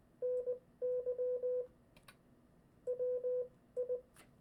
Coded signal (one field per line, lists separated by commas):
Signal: Morse code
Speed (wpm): 20 wpm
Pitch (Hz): 500 Hz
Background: none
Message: NY WI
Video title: Example of a CW Practice session... From a Book??